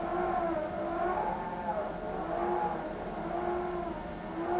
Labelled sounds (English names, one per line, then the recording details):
none
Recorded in pastures near Pivijay, Magdalena, Colombia, on 15 April 2023 at 01:30
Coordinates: 10.456, -74.369
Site P6-G026